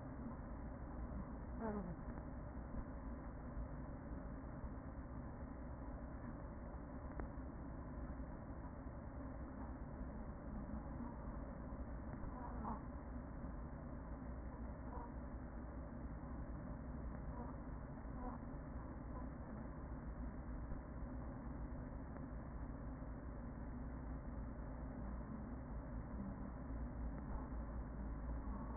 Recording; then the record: honeybee colony, microphone inside the hive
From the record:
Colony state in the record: queen present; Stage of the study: after two queens were removed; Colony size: about 40,000 bees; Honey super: no